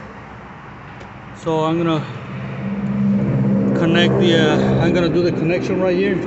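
Someone talks while handling the plastic electrical wiring connector of the radiator cooling fan on a Mitsubishi Mirage, lining it up with the fan motor plug, as music plays over steady background noise. The connector has not seated or clicked into the plug yet.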